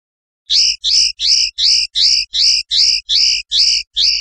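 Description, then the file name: European goldfinch song: ten loud, identical upswept notes repeated at an even pace, roughly every third of a second. "suara burung chardonneret atau goldfinch eropa om kicau"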